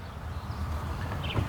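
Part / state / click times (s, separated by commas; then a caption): HB3 headlight bulb into headlamp housing / not seated / none. An Auxito HB3 high beam LED headlight bulb for a 2019–2020 Kia Sorento is being inserted into the headlamp housing, its grooves found and the bulb turned. Low rumbling handling noise and faint rustling are heard, with a slightly louder bump near 1.4 s. Nothing has seated or clicked yet.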